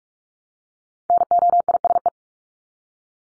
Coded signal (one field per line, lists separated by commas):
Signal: Morse code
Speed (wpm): 44 wpm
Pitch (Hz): 700 Hz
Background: none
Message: NOISE